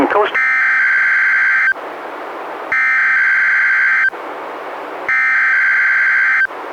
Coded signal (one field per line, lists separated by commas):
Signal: Emergency Alert System (SAME) tones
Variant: header bursts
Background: speech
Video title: EAS #201-202: 2 NWR Required Weekly Tests- Oct. 4-11, 2017